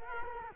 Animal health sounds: mosquito wingbeat signal from an infrared sensor; Culex quinquefasciatus

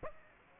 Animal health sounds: mosquito wingbeat signal from an infrared sensor; Aedes aegypti

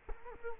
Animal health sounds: mosquito wingbeat signal from an infrared sensor; Culex quinquefasciatus

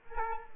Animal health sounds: mosquito wingbeat signal from an infrared sensor; Aedes aegypti

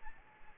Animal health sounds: mosquito wingbeat signal from an infrared sensor; Aedes albopictus

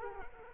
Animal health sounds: mosquito wingbeat signal from an infrared sensor; Culex quinquefasciatus

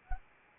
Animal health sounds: mosquito wingbeat signal from an infrared sensor; Anopheles arabiensis

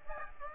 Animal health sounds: mosquito wingbeat signal from an infrared sensor; Aedes aegypti

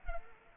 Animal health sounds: mosquito wingbeat signal from an infrared sensor; Culex pipiens

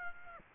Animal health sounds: mosquito wingbeat signal from an infrared sensor; Aedes aegypti

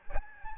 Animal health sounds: mosquito wingbeat signal from an infrared sensor; Aedes albopictus

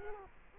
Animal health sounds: mosquito wingbeat signal from an infrared sensor; Culex quinquefasciatus

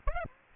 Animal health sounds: mosquito wingbeat signal from an infrared sensor; Aedes aegypti

